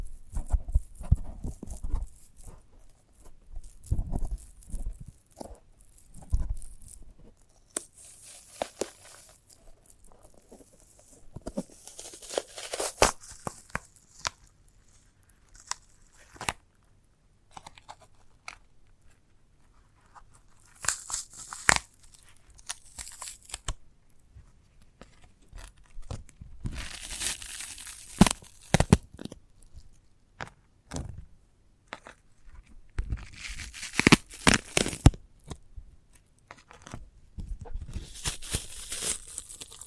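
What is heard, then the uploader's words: ASMR handling of a sprouted coconut: irregular crackles, taps and scraping bursts come in clusters, with quiet gaps between. Brighter tearing and crunching sounds swell around 8–9, 13, 21, 27–29, 34–35 and 39 seconds, alongside softer low thumps. ASMR of a Sprouted Coconut (No Talking).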